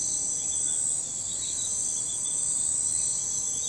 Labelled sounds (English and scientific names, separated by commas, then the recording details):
none
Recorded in forest near Pivijay, Magdalena, Colombia, on 14 April 2023 at 03:00
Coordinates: 10.467, -74.380
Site Z5-G034